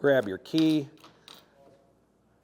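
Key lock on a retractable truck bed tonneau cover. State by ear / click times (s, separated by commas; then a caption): released / 1.3 s. Someone talks briefly, then a key is turned in the tailgate lock of a Pace Edwards JackRabbit retractable hard tonneau cover on a 2025 Chevrolet Silverado truck bed. The lock gives one short, sharp click at 1.3 s, followed by faint low mechanical noise. The lock releases so the cover can be opened.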